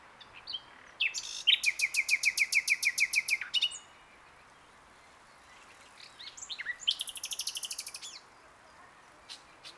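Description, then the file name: Common nightingale song: a long series of rapid repeated notes, then a softer buzzy rattling phrase after a short pause. "Luscinia megarhynchos"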